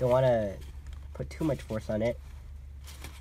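Someone talks while handling the plastic electrical connector for the 3-way coolant flow control valve on a 2004–2009 Toyota Prius Gen II, aligning its small ridge and pushing gently without excessive force. A faint, brief crackle is heard near 3.0 s over low background hum, and the connector has not clicked or seated yet.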